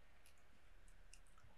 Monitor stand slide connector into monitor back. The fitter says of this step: ittirdiğinizde yerine oturuyor klik sesini duyduğunuzda yerine oturmuş oluyor